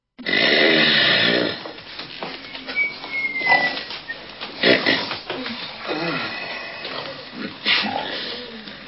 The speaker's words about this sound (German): In Windeseile holte das Wirtsehepaar ihre schlaftrunkenen Gäste, die kaum die Augen offen halten konnten, herbei, um der Trauung beizuwohnen. Bald war die Zeremonie von lautem Schnarchen begleitet.